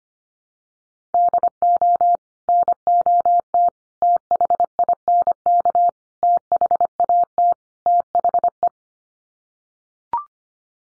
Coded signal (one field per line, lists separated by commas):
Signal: Morse code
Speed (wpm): 25 wpm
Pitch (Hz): 700 Hz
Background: none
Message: DO NOT THINK THAT THE